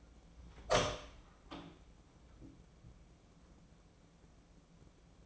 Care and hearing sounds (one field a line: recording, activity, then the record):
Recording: daily activity, microphone in the room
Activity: open door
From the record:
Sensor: 1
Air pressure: 1012.4 hPa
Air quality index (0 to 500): 164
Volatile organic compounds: 3 ppm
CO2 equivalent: 1343 ppm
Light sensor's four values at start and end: 814/1728/820/922 and 816/1730/822/924